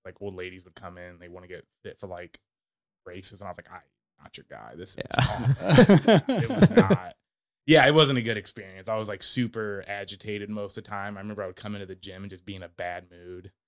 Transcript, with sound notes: Like old ladies would come in and they want to get fit for like, braces and I was like, hi, not your guy. This is how it was not. (all laughing) Yeah, it wasn't a good experience. I was like super agitated most of the time. I remember I would come into the gym and just being a bad mood.